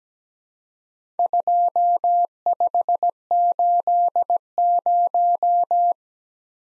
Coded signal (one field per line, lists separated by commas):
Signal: Morse code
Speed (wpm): 17 wpm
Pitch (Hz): 700 Hz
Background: none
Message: 2580